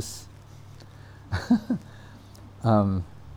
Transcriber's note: laughs